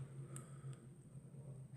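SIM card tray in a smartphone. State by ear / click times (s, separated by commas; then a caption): released / 0.4 s. An ejector pin is pushed into the small hole of the SIM card tray on a Xiaomi Redmi Note 5 smartphone until the tray pops out, released. A sharp click at 0.4 s marks the eject, followed by a fainter tick at 0.7 s, over a steady low hum.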